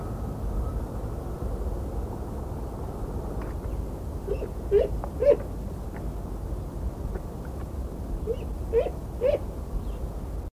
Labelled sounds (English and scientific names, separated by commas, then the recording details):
Great Grey Owl (Strix nebulosa) call
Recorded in captivity
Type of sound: call
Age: adult
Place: Zoo Hannover, Niedersachsen, DE
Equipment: Halbspur, 9,5 cm/s
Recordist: Lütgens, Hans
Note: Rufe